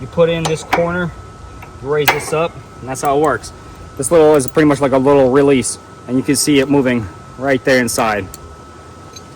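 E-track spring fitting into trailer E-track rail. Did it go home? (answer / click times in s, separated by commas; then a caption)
yes / 9.2 s. A spring-loaded E-track strap fitting is hooked by one end into the slot of a powder-coated steel E-track rail in a trailer, then the other end is raised and pushed in until the release latch snaps home. Someone talks for most of the clip, and a short, sharp click sounds at 9.2 s as the fitting seats and latches into the rail.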